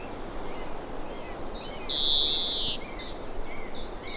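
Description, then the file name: European greenfinch producing a drawn-out, nasal, buzzy wheeze lasting nearly a second, surrounded by short high chirps. "Chloris chloris"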